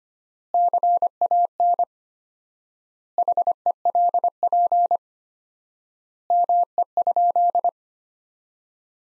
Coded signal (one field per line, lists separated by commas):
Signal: Morse code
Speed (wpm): 25 wpm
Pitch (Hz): 700 Hz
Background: none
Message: CAN HELP ME?